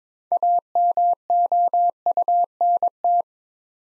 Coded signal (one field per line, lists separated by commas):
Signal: Morse code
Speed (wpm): 22 wpm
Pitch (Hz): 700 Hz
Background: none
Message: AMOUNT